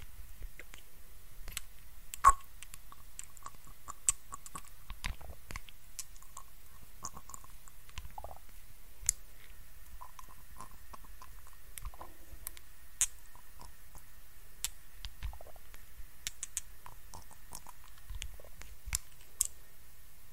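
An ASMR face treatment with soft, moist clicks and light taps scattered irregularly across the twenty seconds, a few sharper ones standing out around two, nine and nineteen seconds. Faint wavering murmurs and a thin steady tone from midway sit low beneath a quiet hiss.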